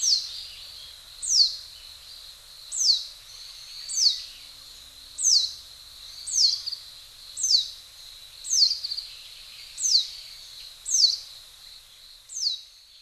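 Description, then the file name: Japanese white-eye calls: thin, high, sharply descending notes repeated many times, with faint background hiss. Recorded in Hyogo, Japan. "mejiro 0910 hyogo kaji"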